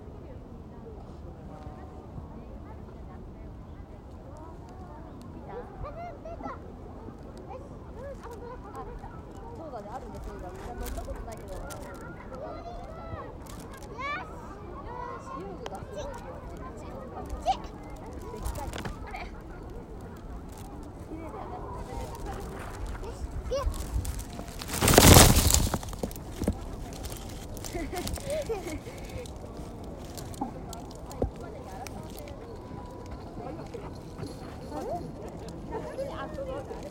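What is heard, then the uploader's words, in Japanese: People flying kites in a park, with steady chatter and scattered calls throughout, and one loud, sharp rushing burst around twenty-five seconds. 下高井戸おおぞら公園。みんな凧揚げしています。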